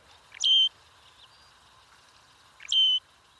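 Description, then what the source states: Loggerhead Shrike calls, two sharp high clear notes about two seconds apart, each a short flat whistle with a rough start, over faint background chirps. Songbird that tears apart its prey with a tomial tooth.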